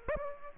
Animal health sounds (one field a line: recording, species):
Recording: mosquito wingbeat signal from an infrared sensor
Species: Aedes aegypti